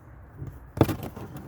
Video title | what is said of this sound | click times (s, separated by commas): 2019 Yaris Taillight Replacement From Start to Finish | snaps into place | 0.8 s